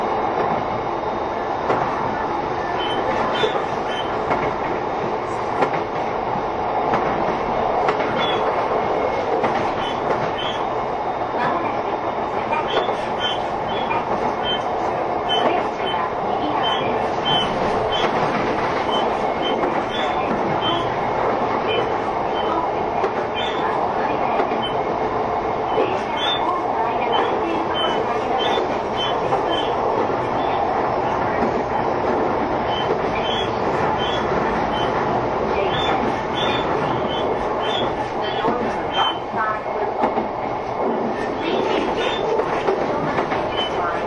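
A train runs steadily throughout, a dense rumbling roar with rhythmic wheel clatter, a few squeals, and bright ticking sounds scattered across the clip.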